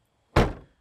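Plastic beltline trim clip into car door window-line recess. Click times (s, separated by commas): 0.4 s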